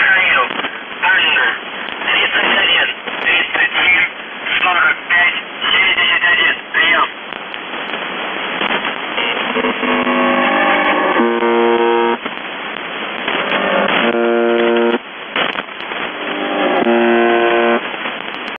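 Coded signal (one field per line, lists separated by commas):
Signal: numbers station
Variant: UVB-76 (The Buzzer)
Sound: voice message through radio noise, then several harsh harmonic buzzes lasting one to two seconds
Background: radio static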